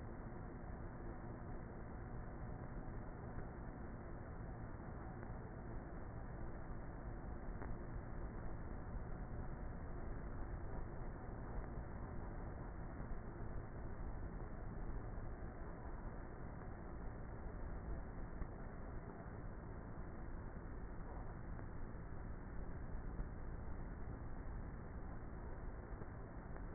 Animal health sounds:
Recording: honeybee colony, microphone inside the hive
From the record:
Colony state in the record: queenless with a low population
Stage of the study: before two queens were removed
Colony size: about 30,000 bees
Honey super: no

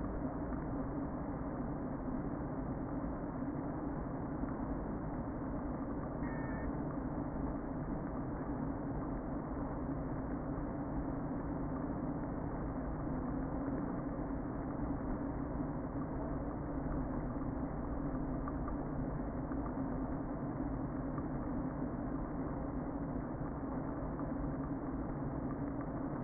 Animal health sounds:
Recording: honeybee colony, microphone inside the hive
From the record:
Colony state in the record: queen present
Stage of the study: before two queens were removed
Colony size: about 60,000 bees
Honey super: yes

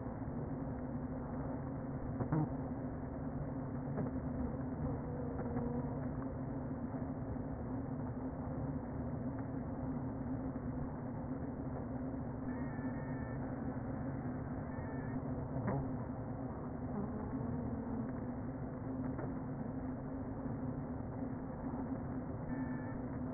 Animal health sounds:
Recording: honeybee colony, microphone inside the hive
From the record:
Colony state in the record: queen present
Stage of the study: before two queens were removed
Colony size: about 60,000 bees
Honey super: yes

